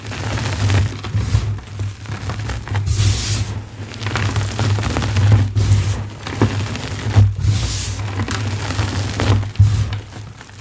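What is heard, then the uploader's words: Dry chalk blocks crumble in dense gritty crunches and crackles, with bright hissing bursts around three, five, seven and nine seconds. Ombré Dyed Chalk + Pasted Gym Chalk Slab. ASMR crumbling dried paste covered gym chalk blocks.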